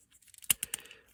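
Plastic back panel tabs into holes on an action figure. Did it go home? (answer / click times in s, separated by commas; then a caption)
yes / 0.5 s, 0.6 s. A Transformers Studio Series Autobot Hot Rod action figure has its folded-up plastic back panel pressed in during transformation so its two plastic tabs seat into two holes. Two sharp plastic clicks sound at 0.5 s and 0.6 s, followed by a few softer ticks, and the tabs are seated.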